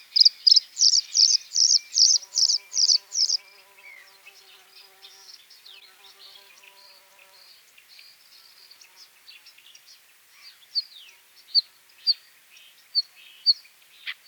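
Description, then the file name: Bluethroat song: a quick run of bright, repeated high notes for about three seconds, a quieter stretch with faint low tones, then several sharp single notes. "varakushka"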